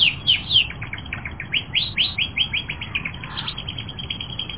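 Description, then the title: Canary song: rapid series of bright chirps and short upsweeping notes repeated several times a second, shifting in rhythm throughout, over a low steady background hum. "kenarijos"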